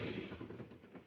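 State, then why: Not seated. An aluminum OPENROAD retractable tonneau cover is slid back along the truck bed rail after its latch has been released, making a low rumbling, rolling slide that gradually fades. Nothing has clicked or seated yet; the cover has not locked into the open position by the end of the clip.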